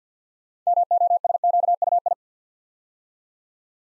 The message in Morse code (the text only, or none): MOSQUI